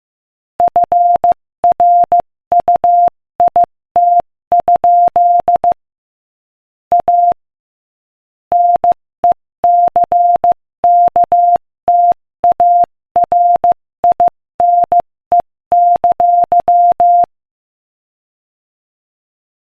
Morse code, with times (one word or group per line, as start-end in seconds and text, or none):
0.6-5.7 FRUIT?
6.9-7.3 A
8.5-17.2 NECKTARINE!